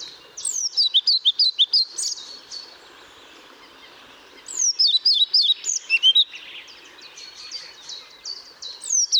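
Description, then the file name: European pied flycatcher song: short rhythmic phrases of bright, swinging high notes, repeated every few seconds, with a faint chorus of other birds between them. Recorded at Paehl on 1 May 2014. "Trauerschnaepper 01 05 2014 Paehl WM Michle Pron"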